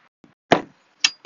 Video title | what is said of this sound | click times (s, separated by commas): 2019 Boston Whaler 240 Dauntless Boat For Sale at MarineMax Charleston | engage and lock into place on both sides | 0.5 s, 1.1 s